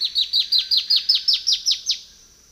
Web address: Natures Songs S America Eastern Lowlands Myrmeciza atrothorax, duet